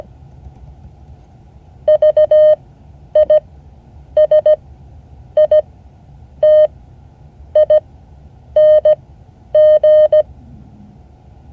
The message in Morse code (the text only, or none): VISITING